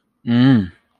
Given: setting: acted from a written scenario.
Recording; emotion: vocal sound without words; pride